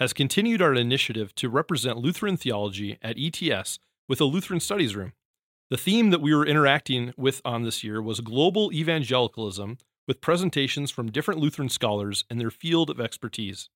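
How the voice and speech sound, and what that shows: A man speaks fluently at an even pace with clear, steady voicing; an ordinary adult voice.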